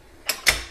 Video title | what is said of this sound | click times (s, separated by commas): Freak Athlete Nordic Hyperextension GHD Review (2024) With Step-by-Step Set Ups | Pull on the green knob, and then it locks in place at 45 degrees. | 0.5 s